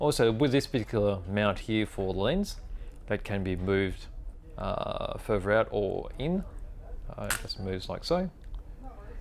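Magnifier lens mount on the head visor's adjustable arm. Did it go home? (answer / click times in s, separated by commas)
no / none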